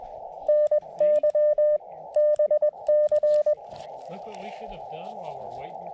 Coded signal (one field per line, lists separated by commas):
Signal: Morse code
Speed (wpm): 20 wpm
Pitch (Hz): 590 Hz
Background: speech, radio noise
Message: NY BC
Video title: My very first SOTA activation (and a POTA activation too)!